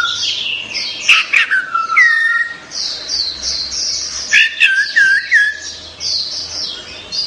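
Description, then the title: Orange-headed thrush singing a varied stream of whistles and chattering notes, with clear descending slurred phrases lower down and a faint low hum beneath. "Anis Merah"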